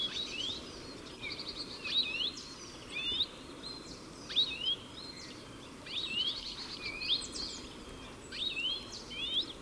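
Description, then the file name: European goldfinch twittering, liquid chirps and short swooping notes in irregular bursts, over continuous low background noise. "Carduelis carduelis"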